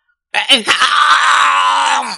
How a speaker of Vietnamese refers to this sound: Quốc sư trơ mắt nhìn nguyên rỗ phản phệ phát ra một cái tiếng gầm thét không cam lòng.